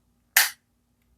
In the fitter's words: You can hear it clicks in really loudly.